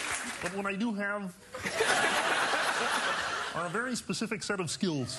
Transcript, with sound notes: But what I do have...
(LAUGHTER)
...are a very specific set of skills.